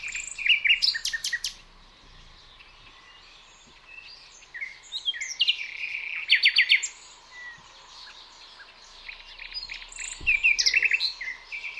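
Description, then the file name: Common nightingale song: several bursts of fast, clicking repeated notes and buzzy trills, separated by short softer gaps. "Luscinia megarhynchos"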